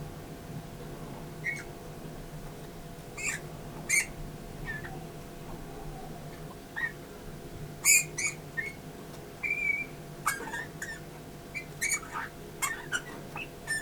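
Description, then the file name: Eurasian bullfinch calls: sparse, short piping whistles, more frequent in the second half, interspersed with crisp clicking noises and a faint steady hum. "Pyrrhula pyrrhula"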